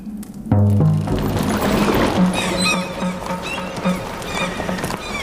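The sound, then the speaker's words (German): Horse-drawn wagons from Liège carrying woollen cloth roll past, with hooves clip-clopping, wheels rumbling and a horse whinnying briefly amid a steady, busy low rumble. “Siehst du diese Wagen? Sie kommen aus Lüttich.”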